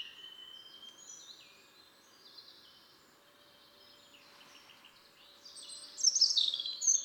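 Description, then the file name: European robin song, faint thin warbling early, then a loud, bright burst of high twittering notes near the end, over steady background noise. "Erithacus rubecula"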